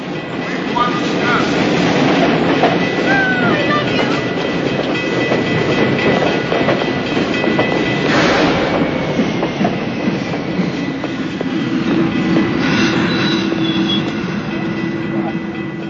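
A commuter train rumbles into a station platform with a steady, loud low roar, rattling wheels and faint metallic squeals and hisses, while indistinct voices murmur underneath; many passengers wait on the platform for the train on their morning commute to work.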